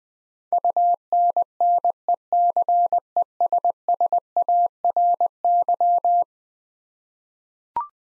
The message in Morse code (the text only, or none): UNNECESSARY